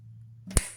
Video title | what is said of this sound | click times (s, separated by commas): Royal Enfield Himalayan fuel pump replacement | You'll hear that snap into place. | 0.6 s